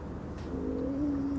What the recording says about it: Can you hear Gracie snoring? Her little body vibrates when she does.